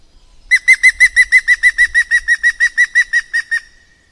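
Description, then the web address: Bird song: a long, steady train of many loud, identical clipped notes, evenly spaced and rapid, lasting about three seconds. "madarak enek"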